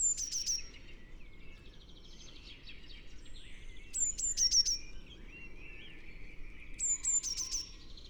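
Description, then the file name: Eurasian blue tit giving three short high phrases, each two thin whistles and a quick run of lower notes, with other birds chattering more quietly underneath. "Cyanistes caeruleus"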